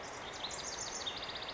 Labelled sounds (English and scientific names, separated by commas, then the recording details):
House Wren (Troglodytes aedon)
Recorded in Sonoma County, California